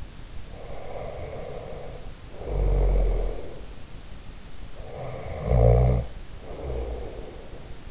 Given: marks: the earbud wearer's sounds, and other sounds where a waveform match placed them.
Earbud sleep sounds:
sounds in sleep by an in-ear microphone; snoring breath
0.34-3.65 s: snoring breath
4.77-7.91 s: snoring breath

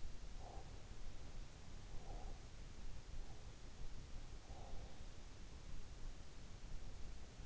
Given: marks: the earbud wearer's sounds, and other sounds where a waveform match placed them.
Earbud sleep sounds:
sounds in sleep by an in-ear microphone; breath
0.09-0.89 s: breath
1.83-2.93 s: breath
4.26-5.42 s: breath

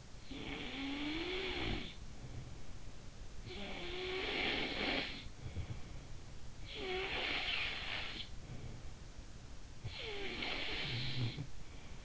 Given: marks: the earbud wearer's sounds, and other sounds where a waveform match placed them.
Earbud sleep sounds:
sounds in sleep by an in-ear microphone; snoring breath
0.00-9.09 s: snoring breath
9.49-11.95 s: snoring breath

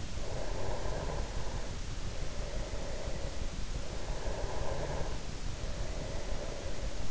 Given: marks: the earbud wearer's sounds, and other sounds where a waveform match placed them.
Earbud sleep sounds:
sounds in sleep by an in-ear microphone; snoring breath
0.15-3.56 s: snoring breath
3.85-7.11 s: snoring breath

